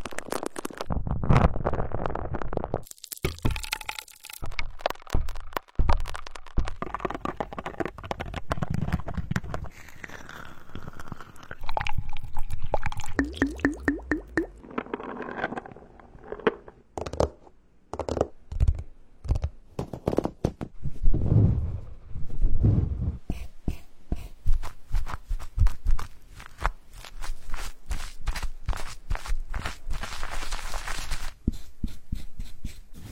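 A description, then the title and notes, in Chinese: A compilation of tapping, smearing, tearing and massage sounds, with dense clusters of sharp taps and crackles broken by softer, smoother rubbing passages. Brief wet squishing and sticky pulling noises appear around the middle, then quick, rhythmic tapping bursts fill the final stretch. 超刺激敲击音水流声涂抹撕拉按摩音合集。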